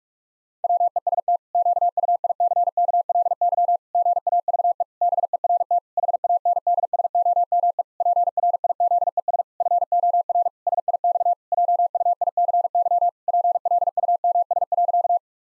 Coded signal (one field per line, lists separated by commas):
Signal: Morse code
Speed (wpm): 46 wpm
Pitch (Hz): 700 Hz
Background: none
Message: WEST QUICKLY GAVE BERT HANDSOME PRIZES FOR SIX JUICY PLUMS.